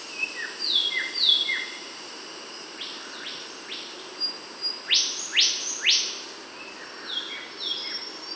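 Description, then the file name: Bornean whistler with falling whistled notes at first, then three strong upward-sweeping whistles and further downslurred notes, against persistent insect noise. Kalimantan. "kancilan kalimantan"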